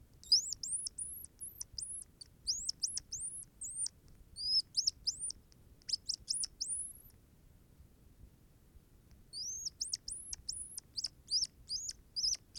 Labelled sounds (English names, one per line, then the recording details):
Hazel Dormouse
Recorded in captivity
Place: Zoologisches Institut der HUB, Berlin, DE
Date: 1969-11-22
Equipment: Studioanlage
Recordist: TSA
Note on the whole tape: Abwehrlaute in Schallkammer